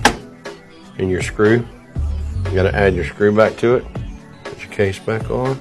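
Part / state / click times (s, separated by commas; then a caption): PCI card into motherboard slot / seated / 0.0 s. A PCI expansion card, lined up with an empty motherboard slot, is pushed down and snaps into place with a sharp click at 0.1 s. After the click, someone talks over faint background music.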